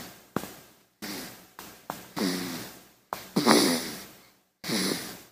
Baby snoring.